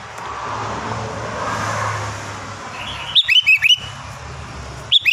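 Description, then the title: Sooty-headed bulbul: after passing traffic noise, a crisp four-note bubbly whistled phrase rings out, followed by the start of another. "Kutilang"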